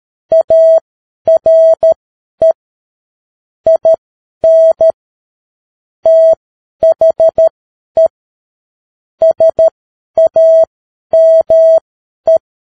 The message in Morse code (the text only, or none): ARE IN THE SAME